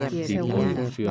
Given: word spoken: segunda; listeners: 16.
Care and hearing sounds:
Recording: one Spanish word in noise, from a listening test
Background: four-talker babble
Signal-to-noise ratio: -2.4 dB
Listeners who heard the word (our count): 4 of 16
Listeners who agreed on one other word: 6 of 16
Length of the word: 0.71 s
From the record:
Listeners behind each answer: 6, 4, 1, 1, 1, 1, 1, 1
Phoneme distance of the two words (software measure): 10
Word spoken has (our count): 3 syllables, 7 phonemes, stress on syllable 2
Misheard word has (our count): 3 syllables, 7 phonemes, stress on syllable 2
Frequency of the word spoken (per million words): 218.69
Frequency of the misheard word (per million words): 250.13

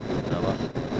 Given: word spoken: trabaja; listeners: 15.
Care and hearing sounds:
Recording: one Spanish word in noise, from a listening test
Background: noise modulated by three-talker babble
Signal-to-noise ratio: -6.0 dB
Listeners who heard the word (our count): 2 of 15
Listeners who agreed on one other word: 9 of 15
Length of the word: 0.60 s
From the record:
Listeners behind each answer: 9, 2, 1, 1, 1, 1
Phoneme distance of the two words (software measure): 10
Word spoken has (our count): 3 syllables, 7 phonemes, stress on syllable 2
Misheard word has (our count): 3 syllables, 7 phonemes, stress on syllable 2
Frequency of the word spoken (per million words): 38.79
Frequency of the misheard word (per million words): 507.85

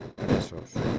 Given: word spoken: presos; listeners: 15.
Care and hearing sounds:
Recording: one Spanish word in noise, from a listening test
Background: noise modulated by one talker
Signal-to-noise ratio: -8.5 dB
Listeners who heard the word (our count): 0 of 15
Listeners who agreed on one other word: 6 of 15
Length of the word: 0.59 s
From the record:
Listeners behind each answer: 6, 4, 2, 1, 1, 1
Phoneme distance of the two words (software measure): 17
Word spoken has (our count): 2 syllables, 6 phonemes, stress on syllable 1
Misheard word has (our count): 2 syllables, 5 phonemes, stress on syllable 1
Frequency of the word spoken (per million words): 34.42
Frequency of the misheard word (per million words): 10.50

